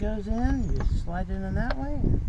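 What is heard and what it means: While reinstalling parts on a 2004 Subaru Impreza engine, a wiring connector clip, likely for the O2 sensor wiring, is slid into its mount in the engine bay. Someone talks throughout, and only faint small hits are heard. The clip has not clicked or seated yet.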